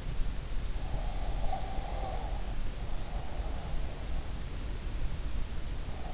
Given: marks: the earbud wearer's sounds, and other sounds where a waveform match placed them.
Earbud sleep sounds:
sounds in sleep by an in-ear microphone; breath
0.94-3.75 s: breath

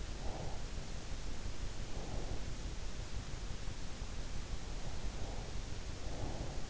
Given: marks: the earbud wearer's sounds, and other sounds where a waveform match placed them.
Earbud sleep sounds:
sounds in sleep by an in-ear microphone; breath
0.01-2.68 s: breath
4.63-6.70 s: breath

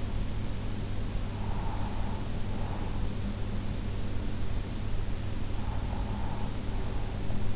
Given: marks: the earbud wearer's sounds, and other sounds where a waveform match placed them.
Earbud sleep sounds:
sounds in sleep by an in-ear microphone; breath
0.99-3.44 s: breath
5.16-7.56 s: breath

